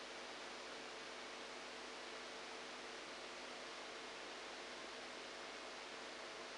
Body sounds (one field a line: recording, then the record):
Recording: brain microelectrode recording played as sound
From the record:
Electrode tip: outside the subthalamic nucleus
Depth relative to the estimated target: -8 mm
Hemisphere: right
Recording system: NeuroSet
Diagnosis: Parkinson's disease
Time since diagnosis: 7 years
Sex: male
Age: 69 years